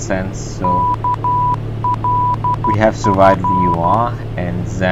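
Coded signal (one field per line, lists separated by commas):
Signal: Morse code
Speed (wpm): 12 wpm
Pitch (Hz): 990 Hz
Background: speech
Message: KLF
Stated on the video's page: Morse ident from ILS/NAV radio in a flight simulator, not real flight.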